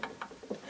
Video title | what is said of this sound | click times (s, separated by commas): Pfaff 30 vintage Nähmaschine restaurieren: Erste Näh und Quilt Versuche ohne Strom. Teil 7 | there is a little clicking noise when | 0.0 s